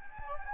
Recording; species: mosquito wingbeat signal from an infrared sensor; Anopheles gambiae